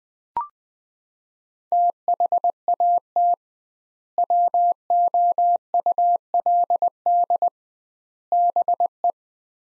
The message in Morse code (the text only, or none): THAT WOULD BE